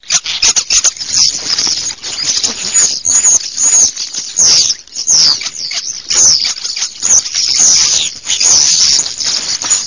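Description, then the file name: Common starlings chattering: a dense, unbroken mass of squeaky, scratchy and whistled calls from many birds, overlapping harshly throughout. "STORNI"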